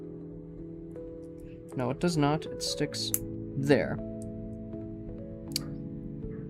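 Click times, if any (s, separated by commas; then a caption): 5.6 s. Someone talks over background music while pressing plastic model kit part F211 onto its mounting point on the frame of an MGSD Barbatos kit. The part snaps on with a sharp click at 5.6 s, which shows it is attached and seated.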